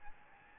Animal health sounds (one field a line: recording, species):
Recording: mosquito wingbeat signal from an infrared sensor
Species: Aedes albopictus